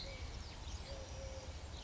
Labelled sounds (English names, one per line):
Eurasian Collared Dove